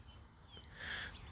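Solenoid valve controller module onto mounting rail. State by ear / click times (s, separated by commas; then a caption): not seated / none. A solenoid valve controller module is hooked onto the top of a mounting rail and handled, with low rumbling, faint scraping and a soft broadband swell around 0.8 to 1.1 seconds. Nothing has seated or clicked yet.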